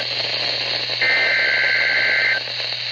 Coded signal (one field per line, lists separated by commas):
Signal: Emergency Alert System (SAME) tones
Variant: header bursts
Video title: NOAA Radio EAS # 117 Severe Thunderstorm Warning